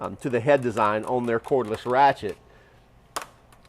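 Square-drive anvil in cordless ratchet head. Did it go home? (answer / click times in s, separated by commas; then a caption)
released / 3.2 s. Someone talks, then a sharp click at 3.2 s as the interchangeable steel square-drive anvil is pushed out of the sealed head of a DeWalt DCF510 20V cordless ratchet, past its two spring-loaded detents. A few faint ticks follow, and the anvil comes out released.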